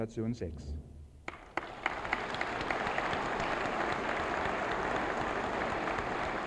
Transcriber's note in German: Applaus